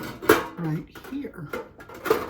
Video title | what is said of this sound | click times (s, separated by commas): Review of T-fal compact Deep fryer 🤔 | so if you're going to be using it though you want it to clip in and it basically hangs | 0.3 s